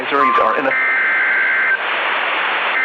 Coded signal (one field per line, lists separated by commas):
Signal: Emergency Alert System (SAME) tones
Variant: header bursts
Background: speech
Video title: [EAS RECREATIONAL] how is this even possible gng 🫩